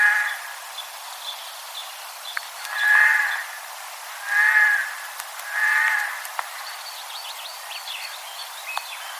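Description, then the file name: Eurasian jay giving drawn-out, nasal mewing calls, three clear ones about every one and a half seconds. "Garrulus glandarius"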